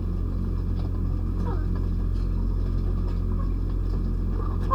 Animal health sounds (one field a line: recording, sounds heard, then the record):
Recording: poultry house recording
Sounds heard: sick chickens (respiratory disease)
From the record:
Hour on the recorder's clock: 1